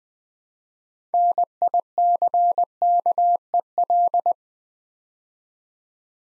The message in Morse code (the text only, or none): NICKEL